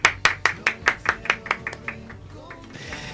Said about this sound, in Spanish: Vamos a darles un aplauso enorme.